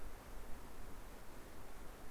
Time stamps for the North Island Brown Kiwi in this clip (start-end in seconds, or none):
none